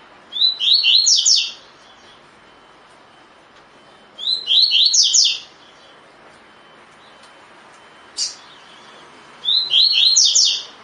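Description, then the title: Double-collared seedeater song: short bursts of fast, bright chattering notes, each about a second long, given three times with a single sharp chip between. Song style called tui tui; bird described as fibra (spirited). "COLEIRO DE GOLA TUI TUI FIBRA"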